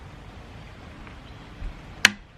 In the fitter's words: Oh, it just clicked right in.